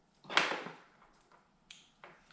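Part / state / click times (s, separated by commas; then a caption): LED headlight plug into original headlight wiring connector / seated / 0.4 s. The wiring plug of a new Sii ALPHA Gen 3 LED headlight is pushed into the original headlight connector on a Ski-doo Summit 850 Gen 4 snowmobile. A scraping rush of plastic starts at about 0.2 s and peaks in a sharp, loud click at 0.4 s, followed by fainter ticks near 1.7 s, 2.0 s and 2.3 s. The plug is seated in the connector.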